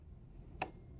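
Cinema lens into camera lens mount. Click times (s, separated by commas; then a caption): 0.6 s. A cinema lens is seated in the camera's lens mount flange and turned clockwise gently until the bayonet's locking pin clicks. A single sharp click is heard at 0.6 s over a quiet background, and the lens is locked onto the camera mount.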